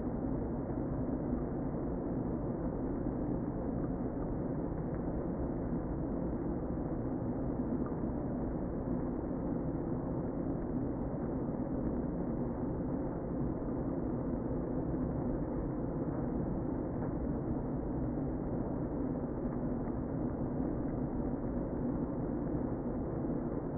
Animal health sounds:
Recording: honeybee colony, microphone inside the hive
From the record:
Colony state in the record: queen present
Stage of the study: before two queens were removed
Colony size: about 60,000 bees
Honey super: yes

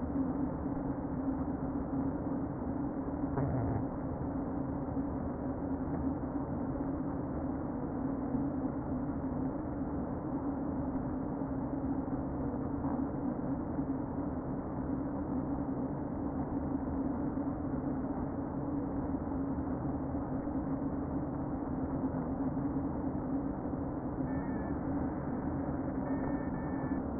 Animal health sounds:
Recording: honeybee colony, microphone inside the hive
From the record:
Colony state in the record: queen present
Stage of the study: before two queens were removed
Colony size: about 60,000 bees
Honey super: yes

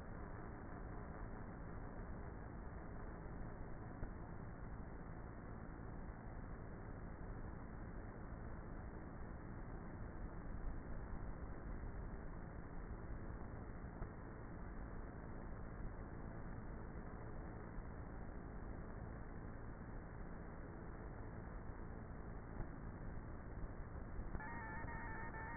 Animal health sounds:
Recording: honeybee colony, microphone inside the hive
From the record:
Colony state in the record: queenless with a low population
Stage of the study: before two queens were removed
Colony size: about 30,000 bees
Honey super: no

